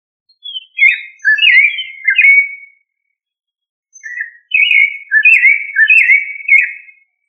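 Thrush singing clear, whistled phrases of sliding, warbling notes, two bursts separated by a pause of over a second, with no other sounds.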